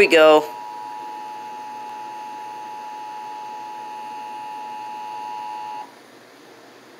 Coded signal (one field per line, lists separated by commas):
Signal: Emergency Alert System (SAME) tones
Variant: 853 and 960 Hz attention tone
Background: speech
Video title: WMCN EAS ALERT severe thunderstorm warning for New Jersey and Pennsylvania counties.(EAS #10)